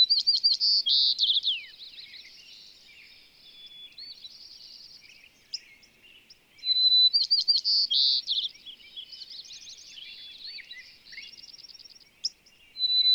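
Bird song in bright, rapid phrases of whistles, trills and quick chirps, in loud bouts with softer twittering between them.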